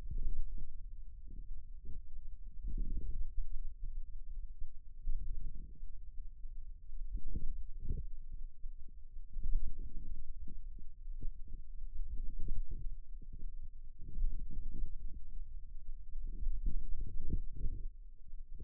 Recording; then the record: forearm muscle sounds (acoustic myography)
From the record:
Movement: radial deviation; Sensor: system 2, bracelet of six BSWA MPA416 microphones around the upper forearm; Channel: 5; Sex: male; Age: 22 years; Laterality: right